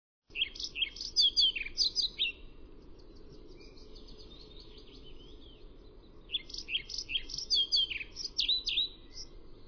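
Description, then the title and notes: Pied flycatcher singing two quick, lively verses of sharp high twitters and rising-falling notes, separated by a pause of about four seconds, over a constant low rumble. Recorded at Røysjø on 30 April 2011. "Svarthvitfluesnapper. Røysjø 300411 by forskningno"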